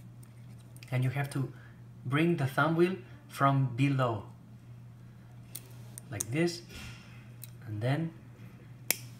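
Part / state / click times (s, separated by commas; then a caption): thumbwheel into implant torque ratchet wrench / seated / 8.9 s. Someone talks while a thumbwheel is brought in from below and pushed into a CeraRoot implant torque ratchet wrench for a zirconia implant system. It is pushed until it clicks so it doesn't fall off, and it seats with a loud, sharp snap at 8.9 s.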